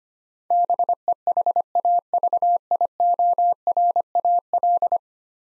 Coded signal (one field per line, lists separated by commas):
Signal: Morse code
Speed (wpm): 25 wpm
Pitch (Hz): 700 Hz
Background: none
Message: BEHAVIORAL